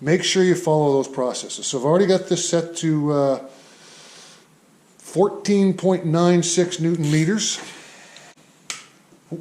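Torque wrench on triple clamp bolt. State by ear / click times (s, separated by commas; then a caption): torque reached / 8.7 s. Someone talks while a click-type torque wrench set to 14.9 Nm tightens a steering stem triple clamp bolt on a Husqvarna TE 300i. A sharp, short click is heard at 8.7 s as the wrench reaches its setting, and the bolt is torqued.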